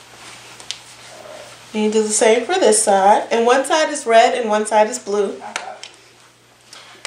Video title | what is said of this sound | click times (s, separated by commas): Moby Wrap Vs Baby Bjorn | and you'll hear a little click | 0.7 s